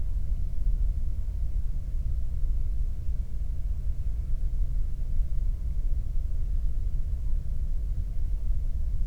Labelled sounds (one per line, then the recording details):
bird
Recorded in the Prudhoe Bay oil fields, Alaska, on 22 May 2019 at 00:39
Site 19